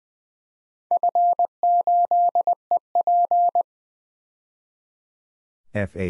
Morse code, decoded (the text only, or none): F8EP